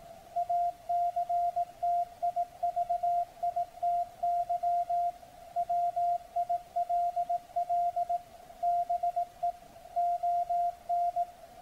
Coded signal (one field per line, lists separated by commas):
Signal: Morse code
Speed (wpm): 18 wpm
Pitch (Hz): 700 Hz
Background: none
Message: ACTIVITY WILL BE ON